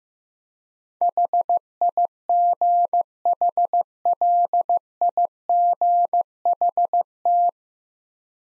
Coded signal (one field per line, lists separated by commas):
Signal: Morse code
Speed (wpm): 15 wpm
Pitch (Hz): 700 Hz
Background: none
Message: HIGHLIGHT